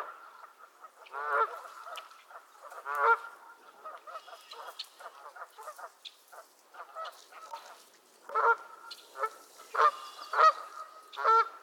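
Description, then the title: Goose: geese honking in a loose chorus, harsh nasal calls scattered throughout, growing louder and more frequent toward the end with several overlapping birds. Geese squabbling at Miner's Marsh, Annapolis Valley, Nova Scotia. "Theraphonia - Geese at Miner's Marsh"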